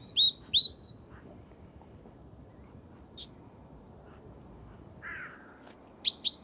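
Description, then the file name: Great tit call series: four high chipping notes, later a run of very high thin notes, a brief harsher lower note, and a final quick high pair. "Parus major"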